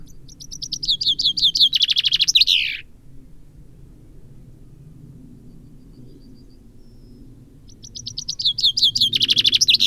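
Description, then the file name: Common Chaffinch song: a fast descending rattle of sweet notes ending in a flourish, about 3 seconds, then quiet before a second phrase begins near the end. "Fringilla coelebs"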